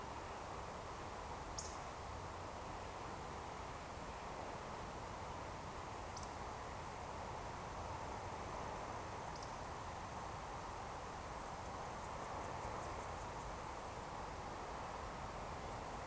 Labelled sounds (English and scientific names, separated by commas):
Eurasian Woodcock (Scolopax rusticola)